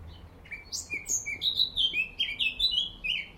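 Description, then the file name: Eurasian blackcap singing one continuous, rapid phrase of clear fluty notes that tumble up and down. "Sylvia atricapilla"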